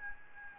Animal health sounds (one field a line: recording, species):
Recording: mosquito wingbeat signal from an infrared sensor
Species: Aedes albopictus